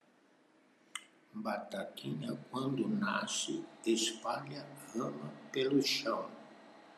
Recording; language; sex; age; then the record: short text; Brazilian Portuguese; male; 70 to 79 years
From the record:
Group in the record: control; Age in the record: 77 years